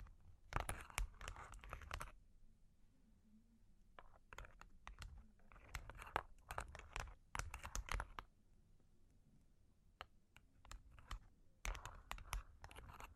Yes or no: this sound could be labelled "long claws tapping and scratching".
yes